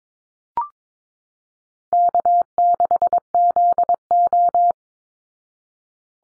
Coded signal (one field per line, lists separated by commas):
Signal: Morse code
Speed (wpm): 22 wpm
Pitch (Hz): 700 Hz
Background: none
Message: K6ZO